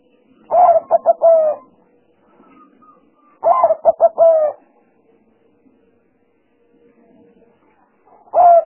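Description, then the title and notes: Spotted dove cooing in stuttered phrases of low hollow notes, repeated at intervals, with a faint steady hum between phrases. Compilation of calls used as a lure for trapping spotted doves. "Pikat Burung Tekukur Paling Ampuh. Kumpulan suara burung tekukur paling ampuh"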